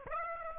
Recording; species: mosquito wingbeat signal from an infrared sensor; Aedes aegypti